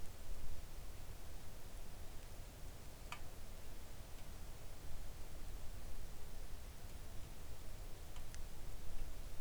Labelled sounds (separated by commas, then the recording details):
rain
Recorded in the Arctic National Wildlife Refuge, Alaska, on 3 August 2019 at 05:47
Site 41